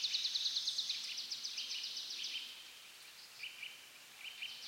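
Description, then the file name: Marsh tit call run: a rapid string of thin, high, clipped notes that fades and slows, then a few soft lower chirps. "Poecile palustris"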